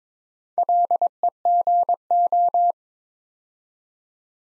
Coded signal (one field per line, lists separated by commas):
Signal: Morse code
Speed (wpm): 22 wpm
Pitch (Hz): 700 Hz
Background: none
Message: LEGO